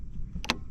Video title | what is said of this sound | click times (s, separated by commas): Get A Closer Look At Our Gheenoe LT25 In This Walk Around Video! | snaps in place and once it's on there whoa did you get it on first time | 0.4 s, 0.5 s